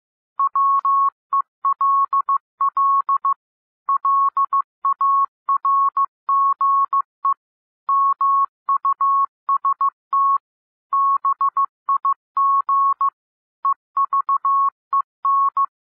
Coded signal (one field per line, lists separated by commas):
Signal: Morse code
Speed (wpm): 15 wpm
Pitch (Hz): 1100 Hz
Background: none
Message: WELL LARGE MUST BIG EVEN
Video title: Improve Your Morse Code 12-15 WPM - 15-15 WPM